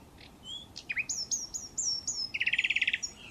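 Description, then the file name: Common nightingale song: a few soft notes, then a series of repeated whistled slurs dropping in pitch, ending in a fast, rich, rattling trill of identical notes. "Luscinia megarhynchos"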